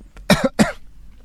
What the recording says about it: Who's coughing now? Are you the ill one now? I'm not proud of my cough.